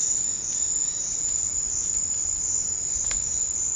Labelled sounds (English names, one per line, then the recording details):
none
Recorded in secondary vegetation near Puerto Asís, Putumayo, Colombia, on 9 March 2025 at 13:00
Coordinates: 0.484, -76.319
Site G010